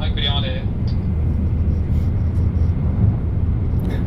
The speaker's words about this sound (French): C'est juste pour parler de la tête du train, on dirait un avion et ça fait le bruit d'un avion. Et ça va très très très vite. Un peu plus le Concorde même qu'un avion.